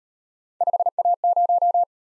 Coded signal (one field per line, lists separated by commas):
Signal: Morse code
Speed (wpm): 38 wpm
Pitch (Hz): 700 Hz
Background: none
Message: 5A0